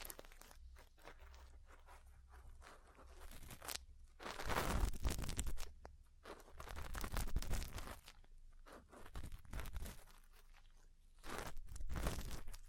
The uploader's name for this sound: Ear Cleaning, Massage, Cupping, Tapping